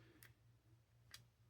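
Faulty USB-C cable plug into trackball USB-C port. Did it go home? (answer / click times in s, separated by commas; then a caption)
no / none. A worn, faulty USB-C cable plug is inserted into a trackball's USB-C port for comparison, and the plug doesn't go in far enough. Over a steady low hum, two brief faint ticks occur near 0.2 s and 1.1 s, but there is no snap, and nothing has seated or clicked.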